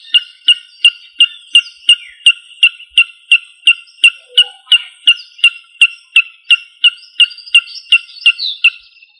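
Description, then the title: Rail calling: a long, even series of sharp, clicking notes, about three per second, with softer chirps in the background. "Familia Rallidae"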